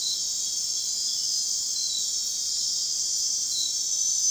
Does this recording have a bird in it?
no